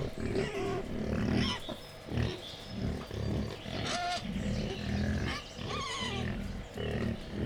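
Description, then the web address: Wild boar grunting repeatedly in low, throaty pulses, broken by occasional short high squeals, several animals audible at once. Wild boar in a zoo in Hungary, excited before feeding, recorded 28 April 2015. "jaszberenyizoo. vaddiszno etetesrefelajzva"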